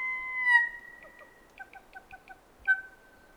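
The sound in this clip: Kōkako song: a long, slightly falling note, then a quick run of short pips, and a final held tone, clear against a quiet background.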